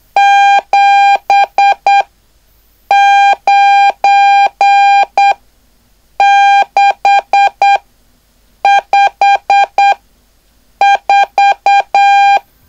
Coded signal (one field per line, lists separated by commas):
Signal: Morse code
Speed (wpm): 8 wpm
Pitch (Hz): 800 Hz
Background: none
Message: 79654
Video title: LU1WGO: Curso para Aspirante a Radioaficionado/Introducción al CW-Clase#03